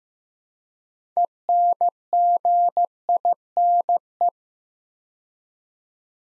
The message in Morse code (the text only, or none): ENGINE